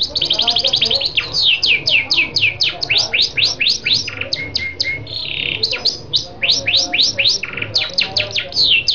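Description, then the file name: Lancashire canary singing a long series of loud descending whistled sweeps repeated about four per second, with a brief lower section midway. "canto do canario lancashire"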